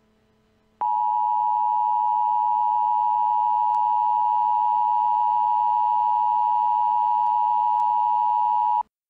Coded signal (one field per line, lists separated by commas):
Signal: Emergency Alert System (SAME) tones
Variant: 853 and 960 Hz attention tone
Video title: EAS Scenario - Black Hole